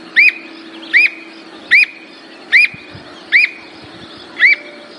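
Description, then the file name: Squirrel cuckoo song of evenly repeated, short up-and-down whistled notes, six in about five seconds, with a low background hum. "canto da alma de gato"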